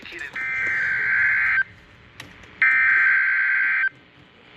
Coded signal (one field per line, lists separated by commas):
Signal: Emergency Alert System (SAME) tones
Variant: header bursts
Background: speech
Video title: EAS #240 Severe Thunderstorm Warning For MY COUNTY On NWR